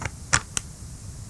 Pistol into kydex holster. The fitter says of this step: make sure that when you put your holster in the holster you have a little click a little secure click like